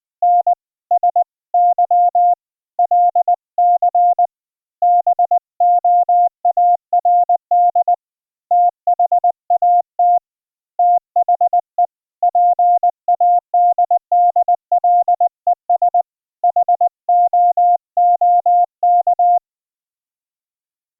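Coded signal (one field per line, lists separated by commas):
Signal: Morse code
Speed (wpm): 20 wpm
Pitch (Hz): 710 Hz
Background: none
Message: N S Y LC BOARD THAT THE PADDLES HOOK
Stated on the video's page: Iambic CW keyed with iambic paddles wired to a Teensy LC board running MidiKey firmware, sending MIDI notes to ehoCW software on a Windows 10 desktop, near zero latency.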